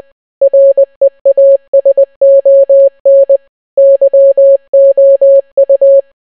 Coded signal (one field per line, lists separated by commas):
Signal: Morse code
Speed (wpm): 20 wpm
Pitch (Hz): 550 Hz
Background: none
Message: REASON YOU